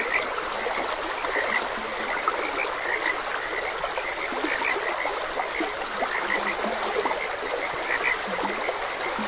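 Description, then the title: A frog chorus of quick, overlapping chirps, with occasional low croaks, set against the steady trickling of flowing water. Frogs croaking beside a gentle stream. "Gentle Stream and Frogs Croaking"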